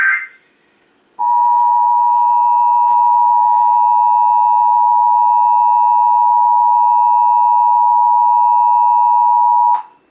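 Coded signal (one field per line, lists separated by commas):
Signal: Emergency Alert System (SAME) tones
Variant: 853 and 960 Hz attention tone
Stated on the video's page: National EAS test that failed, with only the header bursts and attention tone sent, not received on an iPhone 12 Pro Max.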